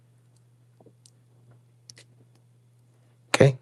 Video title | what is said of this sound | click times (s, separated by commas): How to install the KEKS M-Meter V2 Upgrade Kit (Live Demonstration) | that just clicks into place like that. | 3.3 s